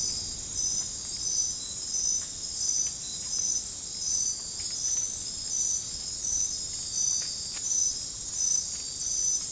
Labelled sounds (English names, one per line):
none